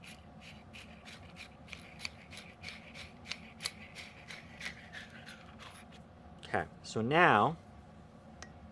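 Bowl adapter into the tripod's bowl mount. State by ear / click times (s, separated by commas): not seated / none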